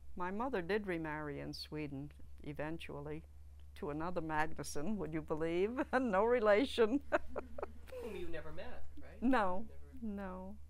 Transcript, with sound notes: My mother did remarry in Sweden eventually, to another Magnuson, will you believe. No relation. (she laughs)
Whom you've never met, right?
No, no.